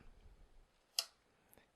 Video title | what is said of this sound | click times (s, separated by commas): Polaroid 420 Automatic Land Camera | and then from there you just pull it out until you hear a click now | 1.0 s